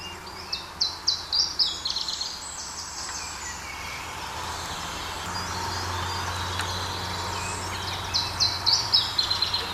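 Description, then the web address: Iberian chiffchaff song: short bursts of high, sharp notes near the start and again at the end, set against steady low background rumble. Recorded in Portugal. "Phylloscopus ibericus Portugali"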